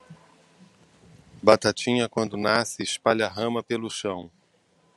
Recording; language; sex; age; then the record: short text; Brazilian Portuguese; male; 60 to 69 years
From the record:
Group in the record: control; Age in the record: 63 years